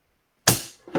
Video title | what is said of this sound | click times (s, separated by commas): Icing Images presents Chef Stacey Barr - How to clean your printhead | it snaps back into place. It sounds like it did something bad, but it didn't. | 0.5 s